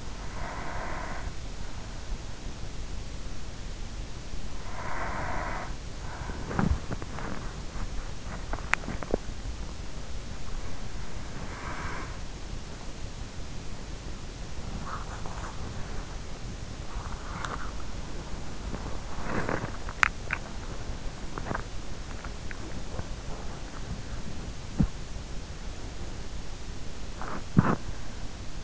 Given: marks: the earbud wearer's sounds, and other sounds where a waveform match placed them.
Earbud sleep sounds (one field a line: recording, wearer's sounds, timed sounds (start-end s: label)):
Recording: sounds in sleep by an in-ear microphone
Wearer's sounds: breath, body movement, teeth grinding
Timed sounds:
0.00-1.62 s: breath
4.61-6.03 s: breath
6.25-28.64 s: body movement
8.73-9.45 s: teeth grinding
11.11-12.65 s: breath
19.83-20.55 s: teeth grinding